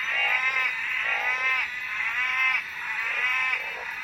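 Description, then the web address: Frog giving harmonic, bleating calls that swell and fade in waves roughly once a second. "animal-sound frog-sound"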